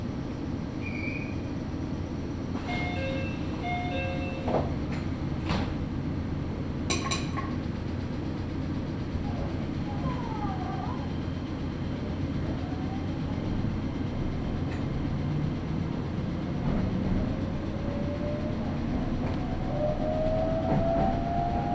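A train ride with a steady low rumble and rattle running the whole way, loudness nearly constant. Sharp clacks and knocks land around 3–7 seconds, with faint short tones and squeals scattered through, and a rising whine near the end.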